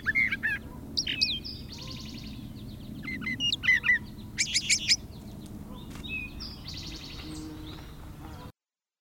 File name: suara kicauan brown trasher. omkicau